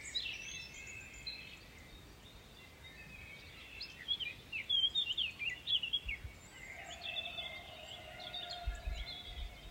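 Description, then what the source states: Several birds singing, scattered high chirps and warbles building to a louder burst of quick notes in the middle, with a long even whistle later. Birdsong recorded in the Ardèche at 6 a.m.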